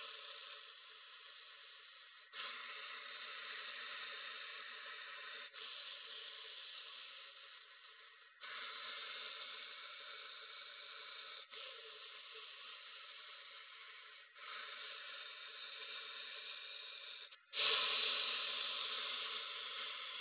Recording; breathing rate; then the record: paced breathing near a phone; 10 breaths a minute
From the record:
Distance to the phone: 20 cm